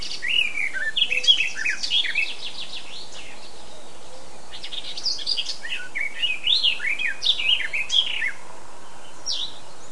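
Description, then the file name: Eurasian blackcap singing a busy, chattering warble with quick sliding notes, pausing briefly midway before a second rambling phrase. "Sylvia atricapilla"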